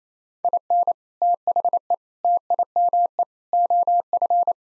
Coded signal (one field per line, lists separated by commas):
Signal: Morse code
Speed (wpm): 28 wpm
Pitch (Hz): 700 Hz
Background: none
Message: IN THE TIME OF